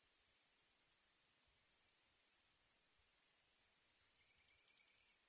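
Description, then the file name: Firecrest calls: extremely high, sharp tsee notes given in pairs and threes, with short silent gaps between the bursts. "Korolek krasnogolovyj"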